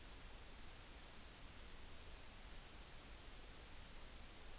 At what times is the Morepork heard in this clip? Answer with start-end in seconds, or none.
none